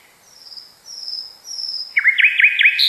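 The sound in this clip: Nightingale song: three thin, high, drawn-out whistles followed by a quick run of sharp, looping chirps.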